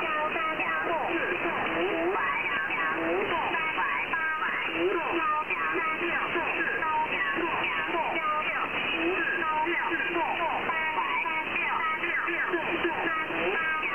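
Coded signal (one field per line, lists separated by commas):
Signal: numbers station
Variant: Chinese Robot (VC01), Chinese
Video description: I have never heard anything else from it except very rapid numbers in Chinese.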